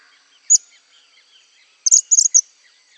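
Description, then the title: Cattle tyrant giving thin, very high, sharp notes: a single note, then a quick stuttered cluster of notes. "LuckyPassaro Completos2Sama. Cattle Tyrant (Machetornis rixosa)"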